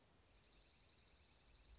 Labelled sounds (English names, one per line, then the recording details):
Dark-eyed Junco
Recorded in Sonoma County, California